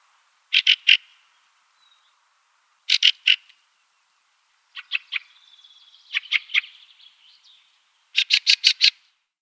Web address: Schulze Peter Fieldfare calls